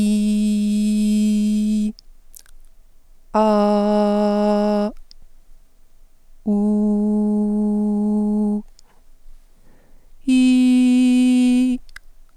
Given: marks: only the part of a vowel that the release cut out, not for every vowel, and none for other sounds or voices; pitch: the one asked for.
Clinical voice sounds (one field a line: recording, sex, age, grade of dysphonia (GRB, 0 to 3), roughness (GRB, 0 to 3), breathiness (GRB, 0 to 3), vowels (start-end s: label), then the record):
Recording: sustained vowels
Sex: female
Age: 30 to 39 years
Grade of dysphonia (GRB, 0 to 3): 0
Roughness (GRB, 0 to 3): 0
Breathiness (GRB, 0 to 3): 0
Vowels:
0.00-1.75 s: vowel /i/, normal pitch
3.52-4.75 s: vowel /a/, normal pitch
6.67-8.45 s: vowel /u/, normal pitch
10.44-11.60 s: vowel /i/, high pitch
From the record:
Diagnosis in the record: healthy voice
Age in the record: 39 years